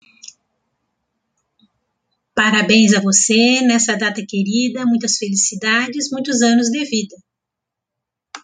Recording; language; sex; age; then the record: short text; Brazilian Portuguese; female; 50 to 59 years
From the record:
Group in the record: control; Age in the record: 57 years